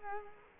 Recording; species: mosquito wingbeat signal from an infrared sensor; Culex quinquefasciatus